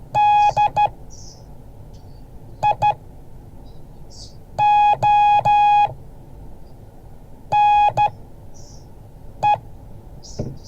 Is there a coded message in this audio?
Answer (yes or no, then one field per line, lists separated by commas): yes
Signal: Morse code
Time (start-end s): 0.2-9.5 s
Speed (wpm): 12 wpm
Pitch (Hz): 830 Hz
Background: none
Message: DIONE